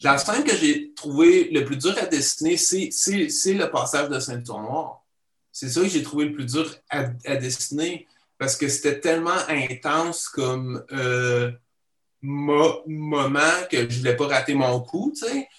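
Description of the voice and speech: An adult man speaks French in a fairly steady voice, with part-word repetitions ('se-se-se', 'mo-moment'), stretched vowels, a repeated 'a… a' and a long halting pause before a word. These are the repetitions, prolongations and blocks of stuttering, a genetic and neurological stutter that he can control only up to a point.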